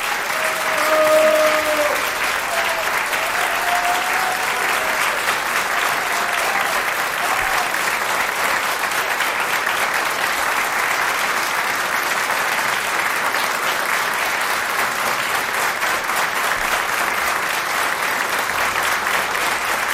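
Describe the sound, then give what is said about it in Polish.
A large audience in the Agnieszka Osiecka studio of Polish Radio Trójka claps to thank a man, in a sustained, dense burst of applause that holds steady for the full twenty seconds, with a few faint tonal sounds near the start. “Więc teraz taka wielka burza oklasków dla tego niezwykłego człowieka, który zawsze łączy.”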